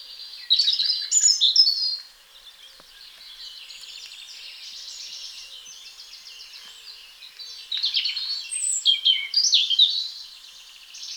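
European robin singing varied warbling, twittering phrases, loud bursts at the start and near the end with a quieter, softer stretch between.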